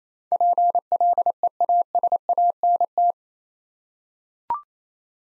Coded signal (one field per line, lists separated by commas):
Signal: Morse code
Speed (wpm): 27 wpm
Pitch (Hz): 700 Hz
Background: none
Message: PLEASANT